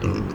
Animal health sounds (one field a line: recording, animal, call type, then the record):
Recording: contact call of a hoofed animal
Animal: wild boar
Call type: grunt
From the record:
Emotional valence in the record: positive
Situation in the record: food anticipation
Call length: 0.35 s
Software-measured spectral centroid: 1640 Hz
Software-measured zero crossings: 950 a second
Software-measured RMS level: -24 dBFS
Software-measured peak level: -11 dBFS